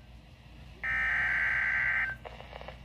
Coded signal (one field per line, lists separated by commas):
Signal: Emergency Alert System (SAME) tones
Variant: header bursts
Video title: SVR...after SVR...part 2 (EAS Alerts #011 to #015)